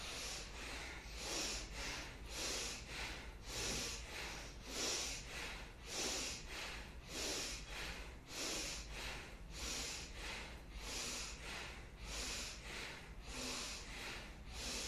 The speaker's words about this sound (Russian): Руки на ребра, дышим бахастрику с подъемом грудной клетки, руками поднимаем. Поехали.